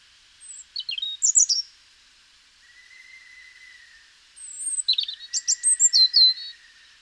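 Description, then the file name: European robin song: two high phrases of rapid, sliding, tinkling notes with a pause between. "Erithacus rubecula"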